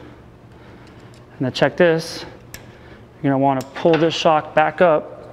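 A snap ring is being handled inside the metal body of a King bypass or coilover shock, with the shock shaft about to be pulled back up so the ring can lock into its groove. Someone talks over low background noise, and a brief faint tick is heard near 2.5 s. Nothing has seated or clicked yet.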